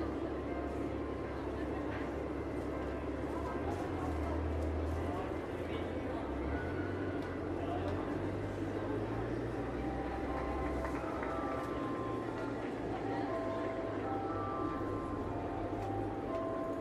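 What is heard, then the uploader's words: A busy Christmas market crowd: many voices chattering at once in a steady, dense murmur, with no single speaker standing out. A constant low rumble, like passing traffic or a tram, runs underneath, and faint clinks and brief tones surface now and then. Vienna Christmas Market Soundscape.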